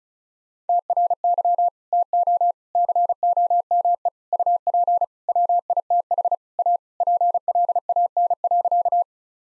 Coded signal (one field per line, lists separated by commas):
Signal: Morse code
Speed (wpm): 36 wpm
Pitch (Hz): 700 Hz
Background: none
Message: TRY TO COME UP WITH A PLAN.